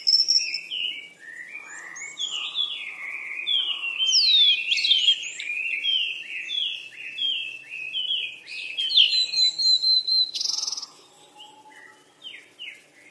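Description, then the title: Bird chattering busily, high chirps and squeaky notes tumbling together, a brief loud burst near the end, then quieter scattered calls. "鸟儿喳喳"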